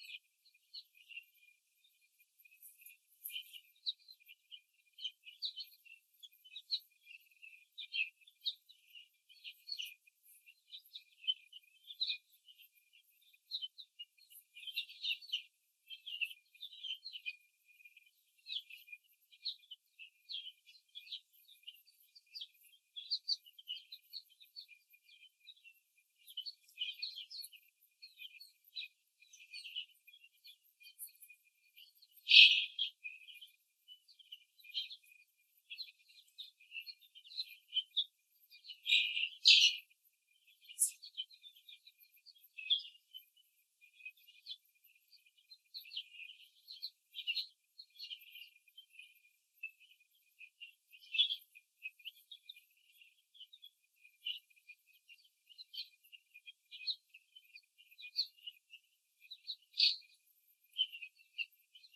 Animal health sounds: young laying hens in a cage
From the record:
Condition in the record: after the stressor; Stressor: simulated dog barking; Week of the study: 3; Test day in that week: 1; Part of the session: 1

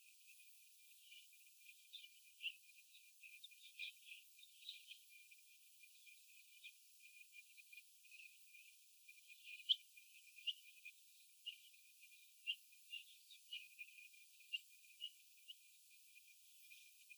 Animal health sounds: young laying hens in a cage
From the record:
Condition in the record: after the stressor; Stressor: sudden umbrella opening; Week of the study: 2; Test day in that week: 1

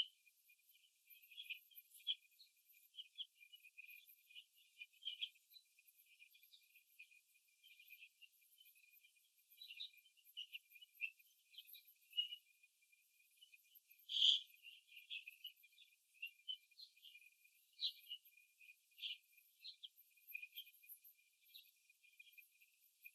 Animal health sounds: young laying hens in a cage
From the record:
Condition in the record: before the stressor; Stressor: simulated dog barking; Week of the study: 2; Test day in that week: 3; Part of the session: 1

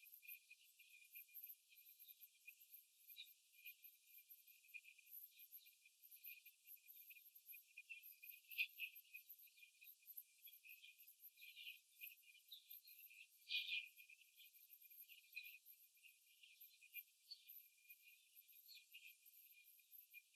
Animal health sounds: young laying hens in a cage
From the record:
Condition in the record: after the stressor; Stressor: simulated dog barking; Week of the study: 3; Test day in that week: 2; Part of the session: 2

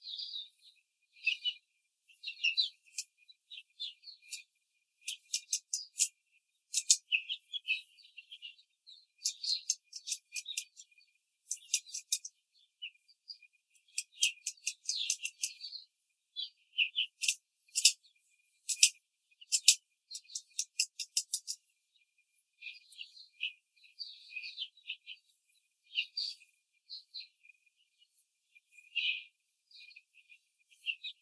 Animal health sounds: young laying hens in a cage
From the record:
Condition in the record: control cage, after the stress test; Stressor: none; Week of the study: 4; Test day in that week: 1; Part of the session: 4

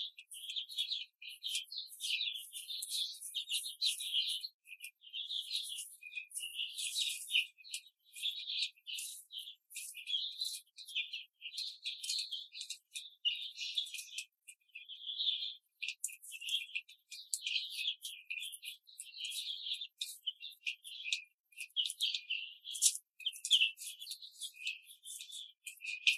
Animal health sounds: young laying hens in a cage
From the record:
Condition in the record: control cage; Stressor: none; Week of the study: 5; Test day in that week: 1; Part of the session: 3

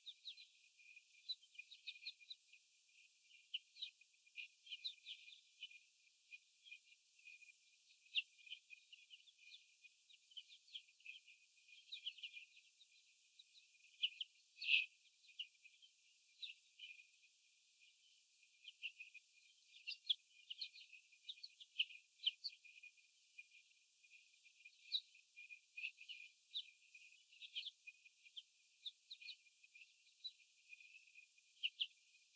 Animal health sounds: young laying hens in a cage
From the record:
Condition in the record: after the stressor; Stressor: sudden umbrella opening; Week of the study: 3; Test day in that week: 2

